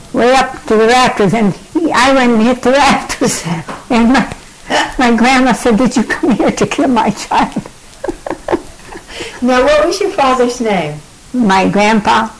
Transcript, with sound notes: way up to the rafters and, he, I went and hit the rafters, (laughing) and my, (laughs) my grandma said, "Did you come here to kill my child?" (laughing)
Now what was your father's name?
My grandpa?